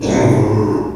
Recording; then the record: squeal of a Yucatan mini pig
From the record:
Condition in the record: before surgery on the right vocal fold (resection and tissue-engineered implant); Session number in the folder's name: 1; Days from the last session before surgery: -3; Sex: male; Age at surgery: 12 weeks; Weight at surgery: 13 kg